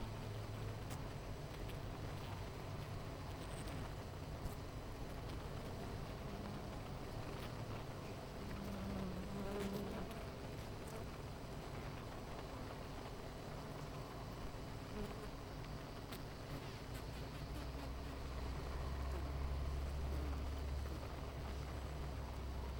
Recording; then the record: honeybee colony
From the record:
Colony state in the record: missing queen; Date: 14 July 2017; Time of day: 9:32